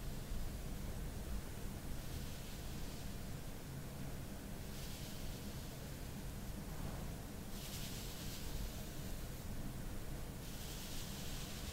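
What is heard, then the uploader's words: Long fingernails brush and trace across a tablet screen, heard as soft, airy swishes that swell in several drawn-out strokes, each lasting a second or more. Beneath them runs a steady, dense hiss with a low rumble, present throughout at an even level. IPad fake nails tracing, tapping, brushing.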